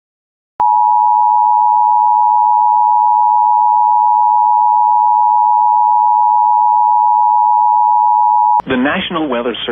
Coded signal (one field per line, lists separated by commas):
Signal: Emergency Alert System (SAME) tones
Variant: 853 and 960 Hz attention tone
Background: speech